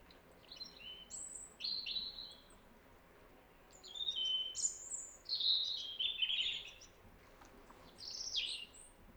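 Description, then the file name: European robin song in short bursts of high sweet notes and fast warbled trills, with a steady low background hiss throughout. "Erithacus rubecula"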